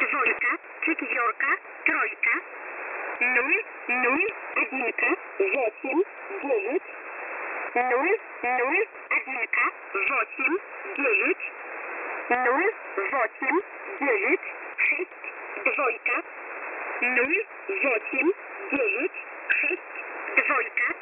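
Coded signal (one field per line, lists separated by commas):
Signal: numbers station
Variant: S11a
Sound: voice reading numbers in short evenly spaced groups over radio hiss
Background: radio static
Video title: S11a Message 20/11/2022 0830 UTC 5371kHz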